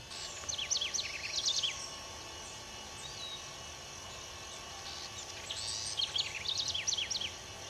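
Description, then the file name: House wren singing: two bursts of quick, high, bubbling trills and chattering notes, several seconds apart, over steady background noise. "Canto-da-CORRUÍRA"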